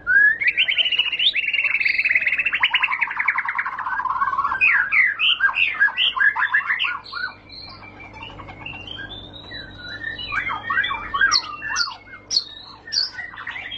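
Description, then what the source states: White-rumped shama song opening with a long loud buzzy trill that slides downward, followed by varied whistles, chips and a thin high sustained note, then quieter jumbled phrases. Lure song for training caged birds, used as a master song for other birds to learn.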